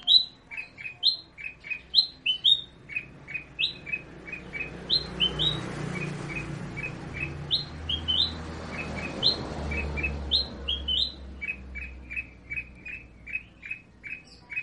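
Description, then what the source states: Sooty-headed bulbul song: short bright chirped phrases repeated steadily throughout, with a low rumbling background swelling in the middle. Described as gacor, singing actively and profusely.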